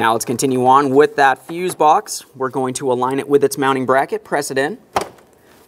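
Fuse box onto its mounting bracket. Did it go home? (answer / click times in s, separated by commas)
yes / 5.0 s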